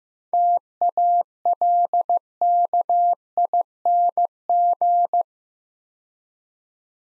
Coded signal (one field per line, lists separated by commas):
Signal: Morse code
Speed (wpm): 15 wpm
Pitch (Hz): 700 Hz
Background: none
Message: TALKING